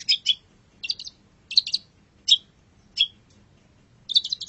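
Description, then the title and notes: Long-tailed shrike song: short, harsh, high notes, some doubled, in several separate bursts with quiet gaps between. Indonesian name cendet; labelled masteran, a tutor track for training birds. "Masteran Burung Cendet"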